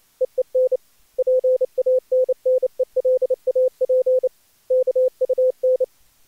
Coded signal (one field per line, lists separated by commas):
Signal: Morse code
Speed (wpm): 16 wpm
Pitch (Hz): 510 Hz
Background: none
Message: EEN PANNELAP KUN